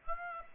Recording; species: mosquito wingbeat signal from an infrared sensor; Aedes aegypti